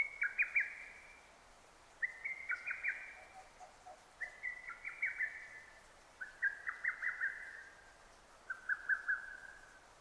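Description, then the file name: Lesser cuckoo singing five brisk phrases of sharp, chattering whistles about every two seconds, some soft lower notes faintly in the background. Recorded 6 June 2009. "hototogisu 20090606"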